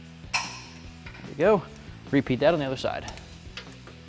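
A torque wrench with a 27 mm socket tightens the lower nut on the front strut and leveling spacer of a 2015-2019 F150 with a Mammoth 2.5 in. front leveling kit to 223 ft-lb. A sharp click is heard at 0.4 s over background music while someone talks, followed by faint ticks later on. The wrench clicks at its set torque, showing the nut is tightened to 223 ft-lb.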